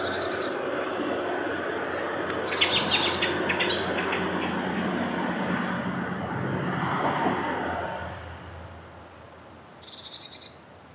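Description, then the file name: Eurasian blue tit calling with brief buzzy high bursts at the start and end, scattered clicks and rustles in between, and faint thin high notes under background noise that eases after about eight seconds. "Cyanistes caeruleus"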